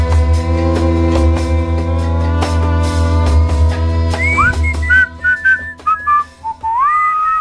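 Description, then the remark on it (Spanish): A sustained musical drone gives way to light, soft whistling: a short tune of gliding notes that rise, dip and hold, with brief pauses between phrases and no talking. “Nos vamos silbando bajito.”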